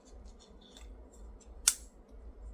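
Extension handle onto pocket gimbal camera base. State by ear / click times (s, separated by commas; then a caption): seated / 0.8 s, 1.7 s. An extension grip with a 1/4 inch thread is pushed onto the base of a DJI Osmo Pocket 3 pocket gimbal camera, and two clicks are needed or the grip is not properly connected. A softer click comes at 0.8 s, then a loud, sharp click at 1.7 s as the grip seats fully onto the camera.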